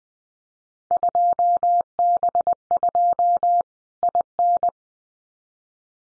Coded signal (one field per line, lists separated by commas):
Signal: Morse code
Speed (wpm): 20 wpm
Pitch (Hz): 700 Hz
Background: none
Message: 2B2 IN